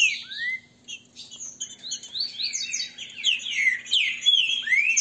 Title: Canto De Trinca Ferro Voz 08. esse TRINCA FERRO cantando e macheando